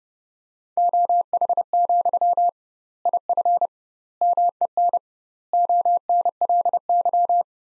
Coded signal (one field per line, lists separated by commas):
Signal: Morse code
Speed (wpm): 30 wpm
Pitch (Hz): 700 Hz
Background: none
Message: OH, IF MEN ONLY